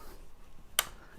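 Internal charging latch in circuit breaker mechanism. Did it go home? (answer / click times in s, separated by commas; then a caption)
yes / 0.8 s. After a new operating handle is installed on a Square D Masterpact NW circuit breaker, the handle is pumped to charge the breaker's stored-energy spring. Against a quiet background, a single sharp, bright click at 0.8 s comes from the internal charging latch as it advances. The latch holds.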